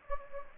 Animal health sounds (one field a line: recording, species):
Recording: mosquito wingbeat signal from an infrared sensor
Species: Anopheles gambiae